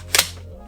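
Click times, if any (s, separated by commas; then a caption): 0.2 s. A magazine is pushed into the magazine well of a tan WE SCAR H gas blowback airsoft rifle. A sharp, loud double click at about 0.2 s marks it locking home, followed by a low steady hum. The magazine is seated.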